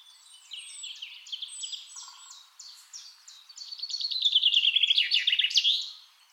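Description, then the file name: Common chaffinch song: quieter twittering at first, then a strong, fast trill that rises in loudness and ends in a brief flourish near the end. "Fringilla coelebs"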